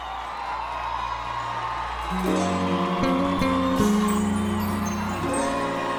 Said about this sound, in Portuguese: Senhoras e senhores, no contrabaixo, uma salva de palmas,